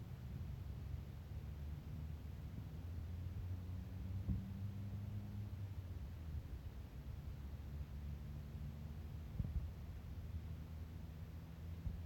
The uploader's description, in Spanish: Laguna de Yahuarcocha ubicada en el norte de Ecuador